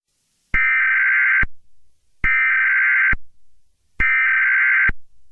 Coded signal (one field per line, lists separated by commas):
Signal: Emergency Alert System (SAME) tones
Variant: header bursts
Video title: EAS Scenario - T H E F O G I S C O M I N G